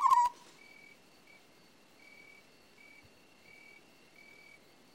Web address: The BBC Sound Effects Library. African Scops Owl